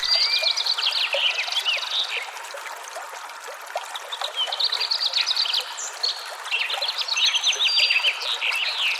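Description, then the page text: Sparrow flock chattering, dense bursts of rapid chirps with short pauses, steady overlapping calls from several birds. Tree and Sparrows singing together. "Sparrows by SpaceLabStudio"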